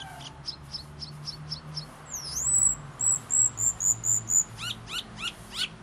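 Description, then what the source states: Asian fairy-bluebird song: short high ticks, then a long sweeping whistle, about six even piercing whistled notes, and several descending chirps, with faint low hum. Unusual, persistent 'gacor' style singing.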